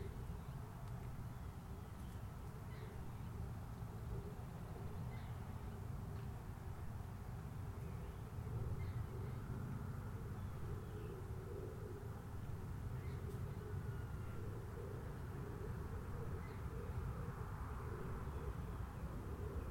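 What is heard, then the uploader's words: A steady outdoor wash of sound at a golf course in Palm Harbor, Florida, dominated by a low, constant rumble with a faint buzzing drone like insects or distant traffic. Scattered small ticks and chirps surface now and then, with no pauses or loud events. Golf Course, Palm Harbor FL.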